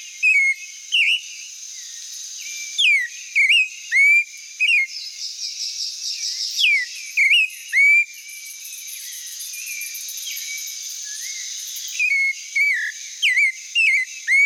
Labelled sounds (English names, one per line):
Clay-colored Thrush song